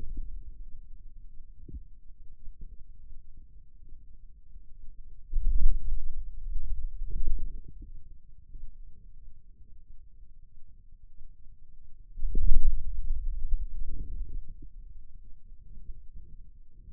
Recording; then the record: forearm muscle sounds (acoustic myography)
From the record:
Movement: hand closing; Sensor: system 2, bracelet of six BSWA MPA416 microphones around the upper forearm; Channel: 2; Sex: male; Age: 22 years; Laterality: right